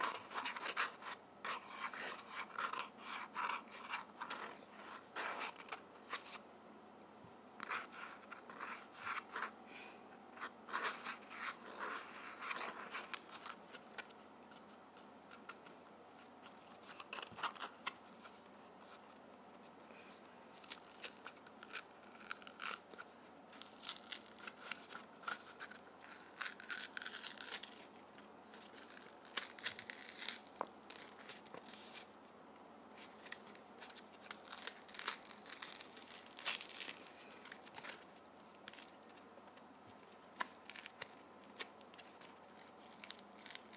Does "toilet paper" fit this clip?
yes